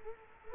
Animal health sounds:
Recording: mosquito wingbeat signal from an infrared sensor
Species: Culex quinquefasciatus

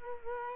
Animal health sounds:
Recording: mosquito wingbeat signal from an infrared sensor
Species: Culex quinquefasciatus

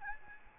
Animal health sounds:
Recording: mosquito wingbeat signal from an infrared sensor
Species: Aedes albopictus

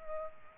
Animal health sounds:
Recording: mosquito wingbeat signal from an infrared sensor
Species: Culex pipiens

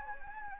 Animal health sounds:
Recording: mosquito wingbeat signal from an infrared sensor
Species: Anopheles gambiae

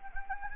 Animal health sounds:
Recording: mosquito wingbeat signal from an infrared sensor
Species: Anopheles gambiae

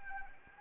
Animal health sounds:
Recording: mosquito wingbeat signal from an infrared sensor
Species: Anopheles arabiensis

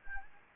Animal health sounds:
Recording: mosquito wingbeat signal from an infrared sensor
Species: Anopheles gambiae

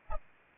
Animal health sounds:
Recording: mosquito wingbeat signal from an infrared sensor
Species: Anopheles arabiensis

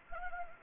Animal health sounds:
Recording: mosquito wingbeat signal from an infrared sensor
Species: Anopheles gambiae

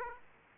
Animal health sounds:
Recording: mosquito wingbeat signal from an infrared sensor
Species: Aedes aegypti

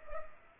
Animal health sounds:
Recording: mosquito wingbeat signal from an infrared sensor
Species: Culex pipiens

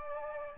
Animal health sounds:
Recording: mosquito wingbeat signal from an infrared sensor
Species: Aedes aegypti

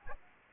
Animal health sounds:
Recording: mosquito wingbeat signal from an infrared sensor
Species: Anopheles arabiensis

